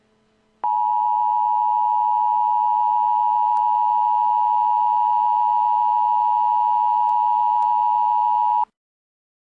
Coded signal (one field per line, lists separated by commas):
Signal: Emergency Alert System (SAME) tones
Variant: 853 and 960 Hz attention tone